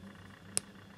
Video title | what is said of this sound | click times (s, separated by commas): Practicing for my career with the BBC.... | it's a a Twist lid that snaps in place | 0.6 s